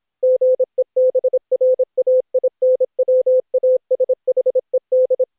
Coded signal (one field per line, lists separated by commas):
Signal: Morse code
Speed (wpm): 28 wpm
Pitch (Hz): 510 Hz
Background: none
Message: GE BRAINWASHED